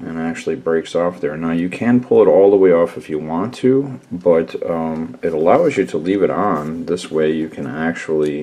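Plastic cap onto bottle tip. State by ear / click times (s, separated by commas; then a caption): not seated / none. Someone talks throughout while handling the plastic cap of a glue bottle from an Army Painter Battlefields Basing Set vol. 1, a cap held on by an attached plastic tab that is pressed shut onto the bottle tip by hand. The clip ends before the cap snaps home, so nothing has seated or clicked yet.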